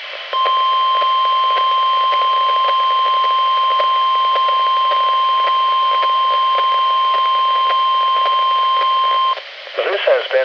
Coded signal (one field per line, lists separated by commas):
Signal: Emergency Alert System (SAME) tones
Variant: 1050 Hz attention tone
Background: speech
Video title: EAS #286-287: 2 NWR Required Weekly Tests- Jan. 9-16, 2019